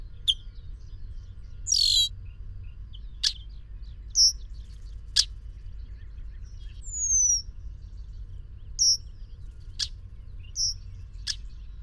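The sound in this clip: Bird chirps, short high notes scattered every second or so, with a couple of longer downslurred whistles and a low steady rumble underneath.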